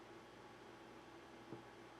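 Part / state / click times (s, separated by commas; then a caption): self-tapping screw into a 3D-printed plastic purge bin part / not seated / none. A self-tapping screw is placed into the existing thread of a 3D-printed plastic purge bin retainer part on a Bambu H2D and turned backwards to line up with the original thread start before driving it in, to avoid cross-threading. A steady broadband hiss and low hum fill the clip, with one brief soft bump near 1.5 seconds. Nothing has seated or clicked yet.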